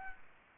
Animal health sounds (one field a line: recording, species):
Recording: mosquito wingbeat signal from an infrared sensor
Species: Aedes aegypti